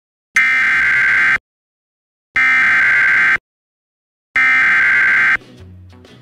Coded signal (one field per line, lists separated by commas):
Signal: Emergency Alert System (SAME) tones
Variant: header bursts